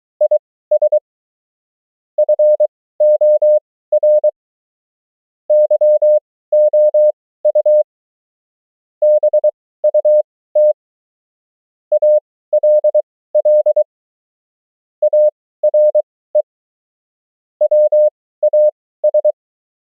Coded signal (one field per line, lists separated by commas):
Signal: Morse code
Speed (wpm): 23 wpm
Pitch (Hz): 600 Hz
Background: none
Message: IS FOR YOU BUT ALL ARE WAS